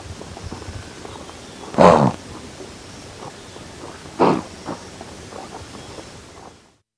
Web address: blue wildebeest